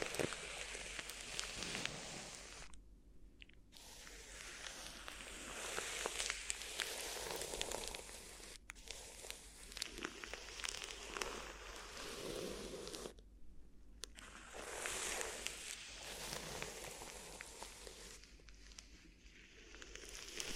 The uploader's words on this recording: ASMR Addictive Crinkly Ear Massage (No Talking).